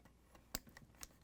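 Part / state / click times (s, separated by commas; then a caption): harness plug into refrigerator ice maker connector / seated / 0.6 s. A second plastic harness plug is pushed into the connector of a Whirlpool/KitchenAid/Maytag refrigerator ice maker assembly W10873791, and it clicks in with a sharp snap at 0.6 s. Fainter ticks follow, with another distinct tick near 1.0 s, and the plug is seated.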